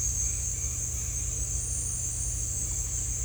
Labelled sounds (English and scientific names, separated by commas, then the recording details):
none
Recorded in dense forest near Puerto Asís, Putumayo, Colombia, on 18 December 2024 at 17:30
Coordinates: 0.467, -76.328
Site GP05